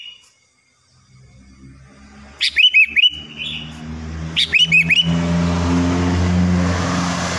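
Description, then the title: Sooty-headed bulbul song: two lively phrases of looping whistled notes, then a vehicle engine swells and rumbles. "Kutilang"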